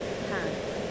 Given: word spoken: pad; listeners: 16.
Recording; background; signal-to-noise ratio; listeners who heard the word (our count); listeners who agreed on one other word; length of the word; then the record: one English word in noise, from a listening test; speech-shaped noise; -6.0 dB; 0 of 16; 7 of 16; 0.52 s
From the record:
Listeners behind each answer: 7, 2, 1, 1, 1, 1, 1, 1, 1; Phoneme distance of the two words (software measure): 17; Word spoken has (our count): 1 syllable, 3 phonemes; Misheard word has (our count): 1 syllable, 4 phonemes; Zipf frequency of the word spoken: 3.97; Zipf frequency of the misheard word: 5.44